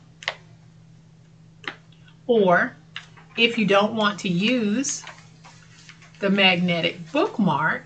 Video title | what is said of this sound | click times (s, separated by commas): BRILLIANT COMPOSITION BOOK MAKEOVER! quick and easy tutorial! A MUST SEE! | You just put it in and you can hear it click. | 0.2 s, 0.3 s